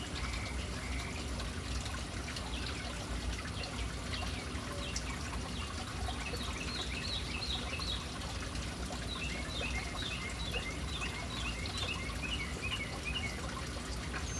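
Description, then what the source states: Birds with quick high chirps, scattered early and then a busy run of rapid twittering notes in the second half, set against constant pouring fountain water. Urban birds in a city, hanging around a fountain.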